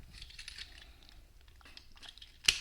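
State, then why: Seated. A plastic transformation part is pushed onto a transforming toy robot's body during its conversion, with faint rustling and small ticks. At 2.5 s, a sharp, loud click rings out as the part locks into place.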